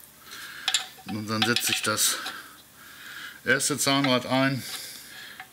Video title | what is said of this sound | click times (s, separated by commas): Reassemble a VW Beetle engine - Einen VW Käfer Motor zusammenbauen - Teil 2 // This is part 2 | seht das ist jetzt nicht eingerastet | none